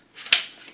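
A plastic car seat adapter is pushed into its mount on the side of a Britax B-Agile Double stroller frame. Soft rustling builds before a sharp click at 0.3 s, followed by a short fading rattle. The adapter snaps in and is seated.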